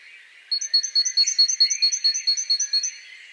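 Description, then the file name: Great tit giving a fast, even series of many high, clipped notes lasting about two and a half seconds, with faint chirping from other birds underneath. "Parus major"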